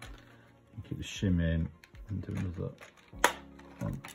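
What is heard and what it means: With a shim held in place, the next internal plastic clip holding a model coach body on its chassis is levered free while someone talks. A loud, sharp snap at 3.2 seconds marks the clip releasing.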